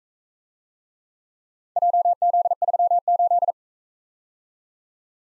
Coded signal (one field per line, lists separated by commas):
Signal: Morse code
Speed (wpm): 42 wpm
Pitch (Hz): 700 Hz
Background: none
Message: JZ38